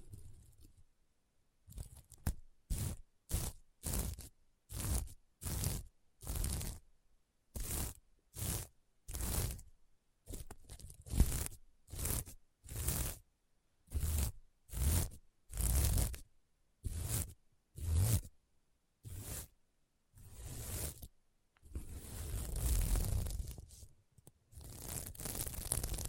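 Scratching on a sequin mermaid pillow, in short rasping strokes that come in a steady, fairly quick rhythm with brief silences between them. Near the end, around 21 seconds, the strokes run together into a longer, rougher scrape before the short strokes return.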